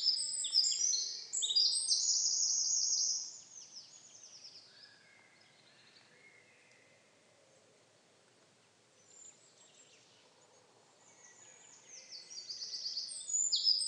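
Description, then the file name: Eurasian wren song bursts, a loud rapid trilling phrase at the start, several quiet seconds, then another shrill song phrase building at the end. "Troglodytes troglodytes"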